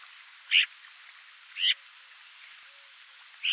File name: Pica pica